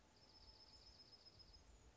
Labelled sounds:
Dark-eyed Junco
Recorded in Sonoma County, California

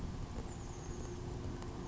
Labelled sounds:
Chestnut-backed Chickadee
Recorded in Sonoma County, California

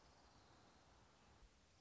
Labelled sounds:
Orange-crowned Warbler
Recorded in Sonoma County, California

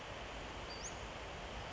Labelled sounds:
Western Flycatcher
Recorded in Sonoma County, California

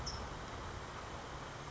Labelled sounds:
California Towhee
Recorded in Sonoma County, California

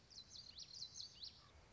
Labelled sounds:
Common Yellowthroat
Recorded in Sonoma County, California

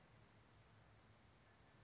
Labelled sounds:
California Towhee
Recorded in Sonoma County, California

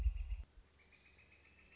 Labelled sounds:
Northern Flicker
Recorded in Sonoma County, California

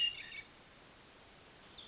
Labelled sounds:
Hermit Thrush
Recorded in Sonoma County, California

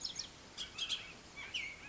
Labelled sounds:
Bullock's Oriole
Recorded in Sonoma County, California

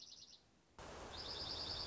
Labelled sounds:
Dark-eyed Junco
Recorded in Sonoma County, California

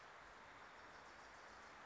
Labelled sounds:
Wilson's Warbler
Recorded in Sonoma County, California

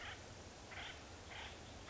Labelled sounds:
Acorn Woodpecker
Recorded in Sonoma County, California

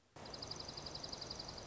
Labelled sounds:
Dark-eyed Junco
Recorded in Sonoma County, California

